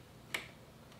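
A PCIe power cable plug is aligned and slid into the power socket of a Sapphire NITRO+ Radeon RX 6700 XT Gaming OC graphics card, and its black plastic latch rides over the lighter plastic catch. A single sharp snap sounds at 0.4 s, followed by a faint soft rustle near the end. The latch locks and the connector is seated.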